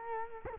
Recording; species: mosquito wingbeat signal from an infrared sensor; Culex quinquefasciatus